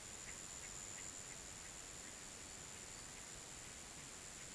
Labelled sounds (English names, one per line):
none